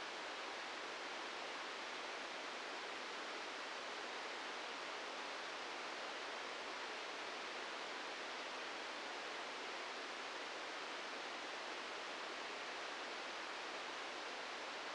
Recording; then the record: brain microelectrode recording played as sound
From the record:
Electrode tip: inside the subthalamic nucleus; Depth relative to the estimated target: 0 mm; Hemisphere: right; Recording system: NeuroSet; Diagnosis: Parkinson's disease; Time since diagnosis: 15 years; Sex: female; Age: 59 years